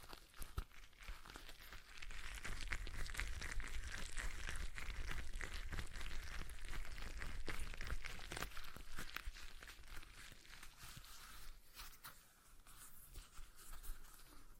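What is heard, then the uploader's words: A stress ball is squeezed and kneaded in dense, crackly rustles with frequent sharp clicks, steady throughout and thinning slightly near twelve seconds. ASMR Relaxing Stress Ball Sounds (No Talking).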